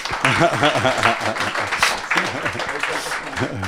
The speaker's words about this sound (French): Ça s'applaudit, ça.